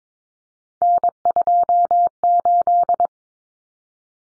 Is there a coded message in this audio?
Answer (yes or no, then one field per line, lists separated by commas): yes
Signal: Morse code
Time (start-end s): 0.8-3.1 s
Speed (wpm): 22 wpm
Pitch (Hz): 700 Hz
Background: none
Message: N28